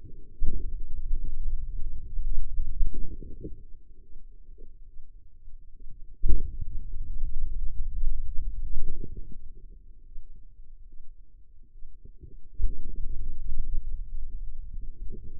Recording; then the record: forearm muscle sounds (acoustic myography)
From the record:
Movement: pen grasping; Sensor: system 2, bracelet of six BSWA MPA416 microphones around the upper forearm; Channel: 2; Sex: female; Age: 25 years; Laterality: right